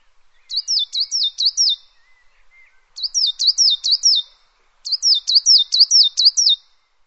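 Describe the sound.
Bird song: three high phrases, each a fast string of several sharply down-slurred whistled notes, separated by short pauses.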